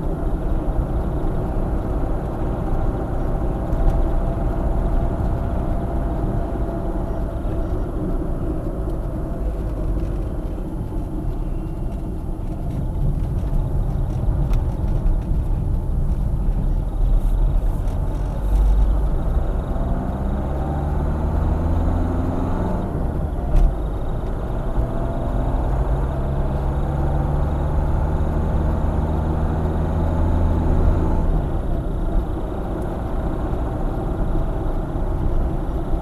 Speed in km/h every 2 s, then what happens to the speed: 58, 61, 60, 52, 38, 25, 17, 16, 26, 36, 43, 44, 54, 57, 60, 58, 58, 54.
3-13 brakes to 16. 14-26 speeds up to 57. 26-32 steady at about 58.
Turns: 8-15.